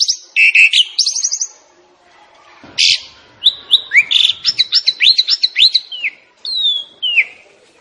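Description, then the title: Javan pied starling song: high chattering bursts, a loud harsh note, then a run of quick sliding whistles ending in two long downslurred whistles. Masteran recording, a song used to train birds. "Masteran Jalak Suren"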